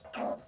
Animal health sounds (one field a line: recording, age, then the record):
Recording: pig call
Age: piglet (1 to 25 days)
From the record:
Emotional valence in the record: negative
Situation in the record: restrain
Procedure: back test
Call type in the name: low-frequency call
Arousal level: medium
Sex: male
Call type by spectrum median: low-frequency call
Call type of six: low-frequency tonal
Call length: 0.48 s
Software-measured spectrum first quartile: 574 Hz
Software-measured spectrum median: 940 Hz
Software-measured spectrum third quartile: 4040 Hz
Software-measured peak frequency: 597 Hz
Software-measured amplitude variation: 147 dB a second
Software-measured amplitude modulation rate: 19.9 a second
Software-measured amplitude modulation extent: 7.4 dB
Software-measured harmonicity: 2.4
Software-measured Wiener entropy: -3.04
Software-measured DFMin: 1420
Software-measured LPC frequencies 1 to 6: 646, 2663, 4800, 5837, 6102, 7392 Hz